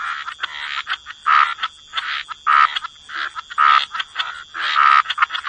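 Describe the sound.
Frog chorus of harsh croaks arriving in clumps about once a second, with brief quiet gaps and a constant thin high tone in the background.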